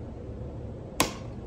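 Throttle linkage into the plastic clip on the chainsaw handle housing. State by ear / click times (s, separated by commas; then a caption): seated / 1.0 s. On a Stihl chainsaw, with the trigger squeezed to open the gap, the throttle linkage is pressed into the plastic clip on the handle housing. Against a low, steady background, a single sharp click rings out at 1.0 s as the linkage snaps in and seats.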